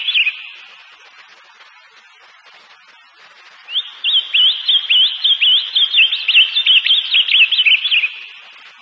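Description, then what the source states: Bird singing: a brief whistled burst, a pause of a few seconds, then a long, rapid series of varied whistled notes. Birds recorded with waterfalls.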